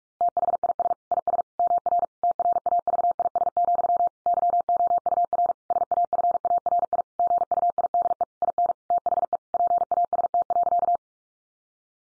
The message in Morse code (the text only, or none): THIS IS MR TRAVIS, YOUR SAFARI GUIDE IN THE PAST.